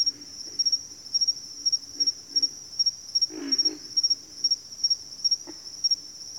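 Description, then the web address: Pig frog grunts, scattered low croaks with one strong rough grunt midway, beneath a constant high-pitched insect drone. Several pig frogs calling in a bayou. "Echoes of Nature - Bayou Pig Frogs"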